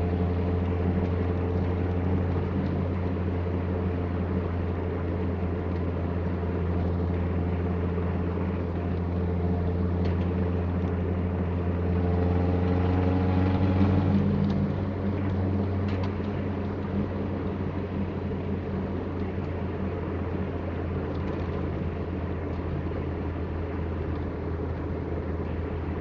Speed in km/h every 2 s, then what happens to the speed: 59, 58, 57, 58, 58, 61, 62, 61, 59, 57, 56, 55, 54.
0-13 steady at about 58. 13-26 slows to 54.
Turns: none.